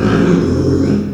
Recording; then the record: squeal of a Yucatan mini pig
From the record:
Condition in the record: after surgery on the right vocal fold (resection and tissue-engineered implant); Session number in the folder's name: 9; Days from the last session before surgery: 65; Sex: female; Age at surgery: 19 weeks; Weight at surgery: 25 kg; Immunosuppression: prednisolone